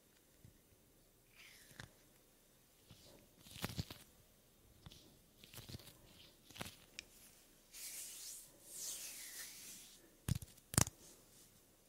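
Soft hand movements and skin rubbing, with scattered brushes and small taps over a quiet background. Around the eighth to tenth second come two longer, airy swells like breaths or slow rubs, then two sharp, louder taps near the end.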